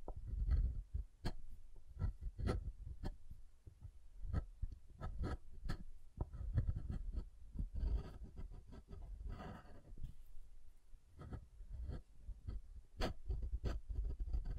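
Soft and hard soap being tapped and carved, with irregular sharp taps scattered throughout, some in quick clusters and others spaced about a second apart. Between the taps come softer scraping, crumbly carving sounds, and a low, dull thud underlies many hits.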